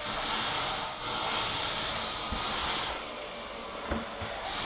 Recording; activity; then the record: daily activity, microphone in the room; vacuum cleaning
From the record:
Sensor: 5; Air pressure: 992.0 hPa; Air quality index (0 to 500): 175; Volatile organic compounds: 621 ppm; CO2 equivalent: 4959 ppm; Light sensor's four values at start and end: 27/93/34/36 and 27/91/34/36